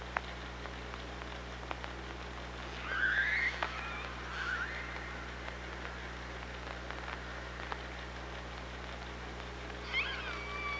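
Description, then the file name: Killer whale calls, a wavering upswept harmonic call near three seconds, a softer one after, and another rising call near the end, with scattered clicks and steady hum. OrcaLab hydrophone, 24 August 2017. "Orca Lab 20170824"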